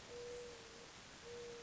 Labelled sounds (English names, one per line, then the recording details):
Mourning Dove
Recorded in Sonoma County, California